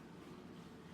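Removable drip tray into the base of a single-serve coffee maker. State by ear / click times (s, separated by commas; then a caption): not seated / none. A removable plastic drip tray is being handled at the base of a Keurig Mini Plus single-serve coffee maker. Only a steady, broad, low rumbling hiss is heard for the full second, with no distinct hits. The tray has not seated or clicked yet.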